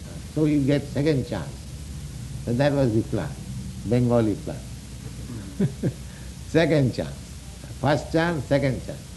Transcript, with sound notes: So we get second chance." So that was the plan, Bengali plan, [chuckles] second chance. First chance, second chance.